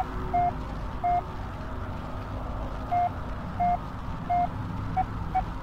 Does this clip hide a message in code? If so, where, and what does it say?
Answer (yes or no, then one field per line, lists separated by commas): no